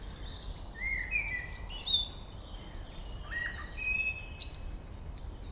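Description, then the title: Common blackbird singing: a short fluted warble rising into shrill twittering, followed by a second clear whistled phrase, with other birds chirping faintly behind. Local bird singing at Chemin des cris, Chindrieux, France. "Chemin des cris, Chindrieux, France - Merle"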